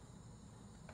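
A plastic handlebar stem is pushed up into the folding joint of a scooter/ride-on car, with steady low-pitched background noise and a short brief sound near 0.9 s. Nothing has seated or clicked yet: the folding latch has not locked, and the mint release button has not popped forward.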